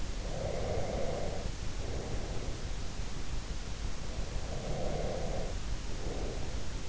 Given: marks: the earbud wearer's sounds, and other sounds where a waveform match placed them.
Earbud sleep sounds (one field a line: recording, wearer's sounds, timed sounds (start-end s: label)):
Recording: sounds in sleep by an in-ear microphone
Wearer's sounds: breath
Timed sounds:
0.23-2.67 s: breath
4.05-6.89 s: breath